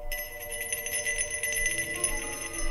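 A small ritual bell, rung at an altar after incense sticks are lit, rings on and on in quick repeated strokes, its bright, high metallic tone shimmering and sustaining steadily throughout, with no voices present.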